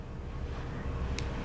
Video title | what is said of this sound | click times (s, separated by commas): Service Maintenance - ARP-9 and AK Gearboxes | letting go and then you can hear the click | 1.2 s